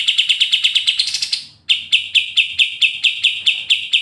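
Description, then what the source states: Pied triller song: a fast rattling trill that briefly rises and fades, then resumes as evenly spaced clipped notes. Energetic, persistent singing (gacor ngegas) in the brenciu style; a training recording (masteran).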